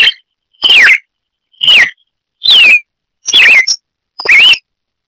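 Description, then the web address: Red-crested cardinal calls: a series of sharp, slurred chirps, most sliding downward and the last rising, evenly spaced just under a second apart against a quiet background. "sonidos Paroaria coronata - Cardenal de copete rojo"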